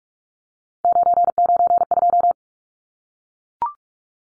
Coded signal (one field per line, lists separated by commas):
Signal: Morse code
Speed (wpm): 44 wpm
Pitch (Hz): 700 Hz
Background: none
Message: 992